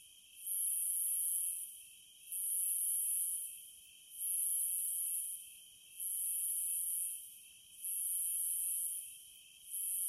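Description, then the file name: Cicada song in pulsing bursts, each high buzzy phrase lasting just over a second and repeating about every two seconds over a steady shrill background drone. "Zvuki prirody Cikady"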